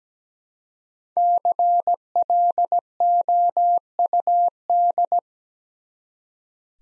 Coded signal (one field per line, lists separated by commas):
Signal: Morse code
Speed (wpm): 17 wpm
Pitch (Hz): 700 Hz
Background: none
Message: CLOUD